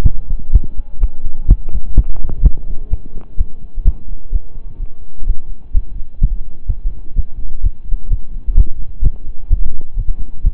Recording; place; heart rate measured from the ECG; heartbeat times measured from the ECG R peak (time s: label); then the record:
heart sounds by stethoscope; between the tricuspid and mitral areas; 127 bpm
0.02 s: heartbeat
0.51 s: heartbeat
0.99 s: heartbeat
1.46 s: heartbeat
1.93 s: heartbeat
2.41 s: heartbeat
2.88 s: heartbeat
3.36 s: heartbeat
3.83 s: heartbeat
4.31 s: heartbeat
4.78 s: heartbeat
5.25 s: heartbeat
5.72 s: heartbeat
6.19 s: heartbeat
6.67 s: heartbeat
7.14 s: heartbeat
7.61 s: heartbeat
8.08 s: heartbeat
8.55 s: heartbeat
9.02 s: heartbeat
9.48 s: heartbeat
9.95 s: heartbeat
10.42 s: heartbeat
From the record:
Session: slow and fast walking with breaks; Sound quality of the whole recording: saturated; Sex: male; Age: 25 years